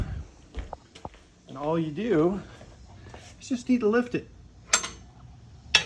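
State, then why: Released. Someone talks while lifting the steel safety lock lever on a QuickJack portable car lift frame to release the lock so the lift can be lowered. Two sharp metallic clacks ring out at 4.7 s and 5.8 s as the lever flips over, and the lock is released.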